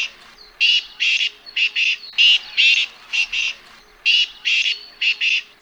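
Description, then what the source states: Black francolin call: many loud, grating, metallic syllables in short bursts, often paired. Calls given only by males, heard throughout the year; the male climbs to the highest nearby perch, stretches its neck, throws its head back and gives four or five loud, scratchy, metallic syllables.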